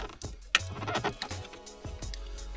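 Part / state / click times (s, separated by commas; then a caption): harness connector into aftermarket car radio head unit / seated / 0.5 s. A wiring-harness connector is pushed onto the back of a replacement aftermarket 12.3-inch touchscreen CarPlay head unit for a BMW X5/X6. One strong, sharp click at 0.6 s marks the plug seating, over background music and a few softer knocks. The plug is a bit tight but goes fully on.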